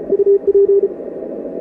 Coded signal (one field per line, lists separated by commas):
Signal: Morse code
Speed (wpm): 34 wpm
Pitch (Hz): 400 Hz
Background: radio noise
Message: UP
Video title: ICOM 7610 Morse code